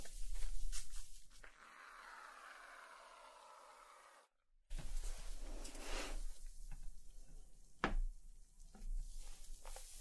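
Hair cutting, with soft brushing and rustling bursts at the start. A smooth, wavering whir runs steadily for a few seconds, then stops in a brief silence. Dense brushy scraping follows, with a sharp snip near the eighth second.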